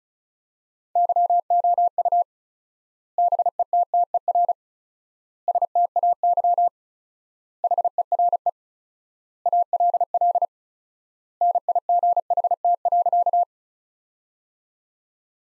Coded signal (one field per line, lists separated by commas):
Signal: Morse code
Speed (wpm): 36 wpm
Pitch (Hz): 700 Hz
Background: none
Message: YOU BETTER STAY HERE ALL NIGHT.